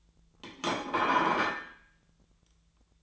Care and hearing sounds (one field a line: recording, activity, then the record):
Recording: daily activity, microphone in the room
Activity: place plate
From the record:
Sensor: 3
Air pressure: 1009.4 hPa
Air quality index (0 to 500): 197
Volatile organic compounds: 16 ppm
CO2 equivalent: 2561 ppm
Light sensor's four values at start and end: 33/81/35/37 and 33/81/35/37